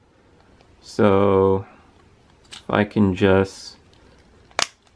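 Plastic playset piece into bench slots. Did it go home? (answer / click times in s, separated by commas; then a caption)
yes / 4.6 s. Someone talks while a plastic playset piece is pushed onto two slots on a plastic bench. A single sharp snap sounds at 4.6 seconds, and the piece is seated in the slots.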